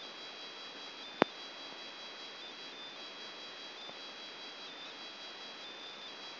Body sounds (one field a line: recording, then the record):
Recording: brain microelectrode recording played as sound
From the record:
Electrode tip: inside the subthalamic nucleus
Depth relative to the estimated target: -2 mm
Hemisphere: left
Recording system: AlphaMap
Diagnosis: Parkinson's disease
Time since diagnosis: 11 years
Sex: male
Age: 50 years